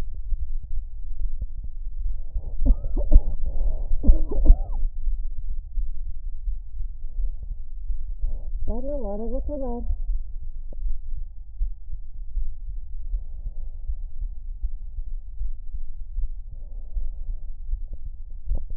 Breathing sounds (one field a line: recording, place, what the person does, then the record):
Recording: lung sounds by stethoscope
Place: left anterior apical chest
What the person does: quiet breathing, then cough and speech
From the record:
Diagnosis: interstitial lung disease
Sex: female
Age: 60 years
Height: 152 cm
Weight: 55.9 kg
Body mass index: 24.2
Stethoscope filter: extended mode